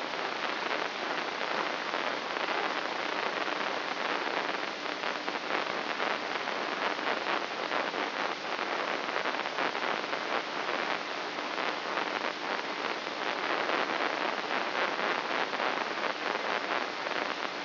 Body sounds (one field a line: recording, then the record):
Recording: brain microelectrode recording played as sound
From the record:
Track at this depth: inside the subthalamic nucleus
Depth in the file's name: 4.018 mm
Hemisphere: left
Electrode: 3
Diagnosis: Parkinson's disease